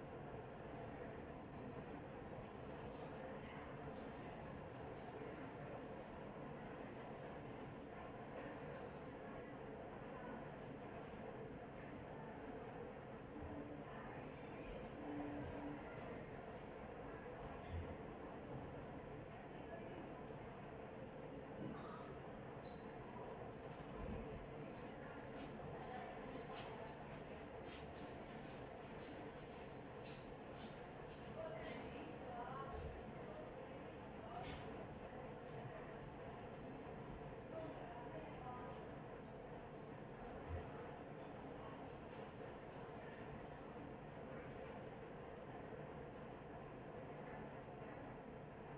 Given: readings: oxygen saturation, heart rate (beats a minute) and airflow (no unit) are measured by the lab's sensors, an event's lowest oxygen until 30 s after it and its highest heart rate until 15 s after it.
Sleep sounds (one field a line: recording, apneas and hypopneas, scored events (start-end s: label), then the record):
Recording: a person awake in a sleep study, by a smartphone at the bedside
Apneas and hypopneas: none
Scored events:
0.00-48.78 s: awake
0.00-48.78 s: awake
From the record:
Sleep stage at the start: awake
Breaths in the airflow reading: 16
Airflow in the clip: -0.9 to 0.6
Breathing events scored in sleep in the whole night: 263 in 5.5 hours asleep